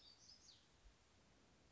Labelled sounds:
Black-throated Gray Warbler
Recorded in Sonoma County, California

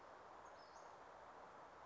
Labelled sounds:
Western Flycatcher
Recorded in Sonoma County, California

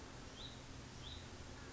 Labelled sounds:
Hutton's Vireo
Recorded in Sonoma County, California

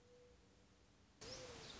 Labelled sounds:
Mourning Dove
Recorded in Sonoma County, California

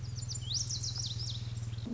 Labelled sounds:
Lazuli Bunting
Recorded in Sonoma County, California

